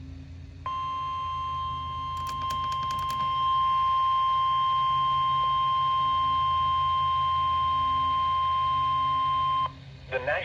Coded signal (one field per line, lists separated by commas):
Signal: Emergency Alert System (SAME) tones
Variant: 1050 Hz attention tone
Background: speech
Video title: NOAA Weather Radio - Severe Thunderstorm Warning [EAS #179] (6/1/22)